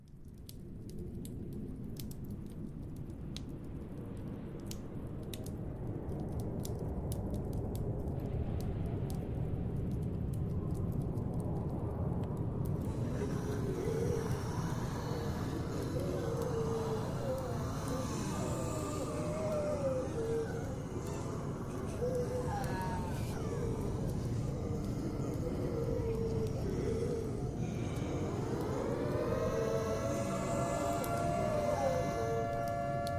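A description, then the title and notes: A zombie apocalypse ambience builds from a low, steady rumble with scattered sharp clicks into a dense wall of noise after about thirteen seconds, with groaning, moaning voices layered throughout. Near the end, rising whining tones swell over the constant roar. Zombie apocalypse ASMR Ambience.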